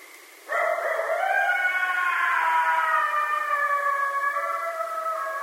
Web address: sounds mammals Coyote 2012 04 10 Coyotes